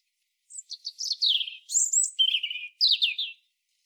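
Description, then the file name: European robin song, a flowing string of high, sweet warbles and trills. "Erithacus rubecula"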